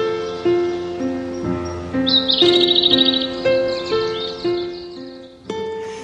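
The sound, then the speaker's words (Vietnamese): A bird's rapid, high trilling chirps ripple over a slow melody of sustained tones, with no voices; birdsong in green fields. “Những cánh đồng ấy không mang cái từ green trong tên, nhưng lại có màu xanh cho đôi mắt ngắm và tiếng chim hót cho đôi tai nghe.”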